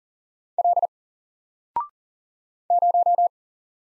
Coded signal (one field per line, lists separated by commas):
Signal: Morse code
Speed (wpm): 40 wpm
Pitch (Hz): 700 Hz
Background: none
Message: L 0